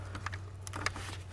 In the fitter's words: slides right on and down, and it pretty much clicks into place.